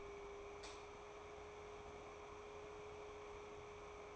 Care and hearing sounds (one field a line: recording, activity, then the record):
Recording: daily activity, microphone in the room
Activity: light off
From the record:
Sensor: 1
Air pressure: 1010.2 hPa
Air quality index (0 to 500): 172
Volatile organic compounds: 12 ppm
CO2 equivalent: 2365 ppm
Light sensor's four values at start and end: 56/150/61/76 and 53/137/56/71